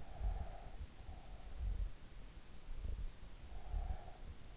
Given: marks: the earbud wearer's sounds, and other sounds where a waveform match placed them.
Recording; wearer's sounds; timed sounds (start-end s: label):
sounds in sleep by an in-ear microphone; breath
0.00-1.66 s: breath
3.22-4.43 s: breath